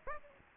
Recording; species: mosquito wingbeat signal from an infrared sensor; Aedes aegypti